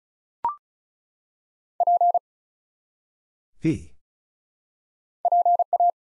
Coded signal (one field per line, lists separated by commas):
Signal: Morse code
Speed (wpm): 35 wpm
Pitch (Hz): 700 Hz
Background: none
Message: P PA